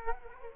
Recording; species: mosquito wingbeat signal from an infrared sensor; Culex quinquefasciatus